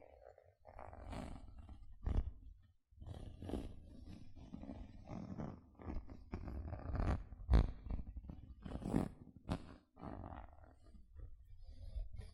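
Gentle scratching comes in uneven bursts, each stroke a rough, rasping rub with a low, grainy undertone. Sharper bright scrapes stand out around two, seven and a half, and nine seconds, with brief pauses near three and ten seconds.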